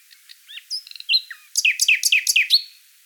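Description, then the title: Common nightingale singing: a few soft whistles and brief chips lead into a run of several loud, repeated downslurred notes with a short whistle at the end. "Sylvain Jaskowiak - Mes piafs. Rossignol Philomèle"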